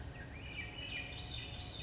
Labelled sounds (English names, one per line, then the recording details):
Swainson's Thrush
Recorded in Sonoma County, California